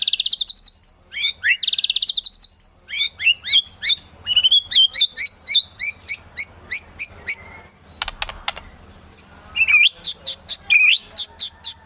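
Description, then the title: White-rumped shama song: dense high trills, then a long sequence of evenly spaced bright notes, a brief pause with clicks, and upturned whistles with quick repeated chips. Lure sound used for trapping. "Pikat Murai Batu"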